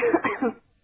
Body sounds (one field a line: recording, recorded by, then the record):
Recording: voluntary cough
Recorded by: telephone call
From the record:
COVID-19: positive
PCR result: checked with the laboratory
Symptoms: yes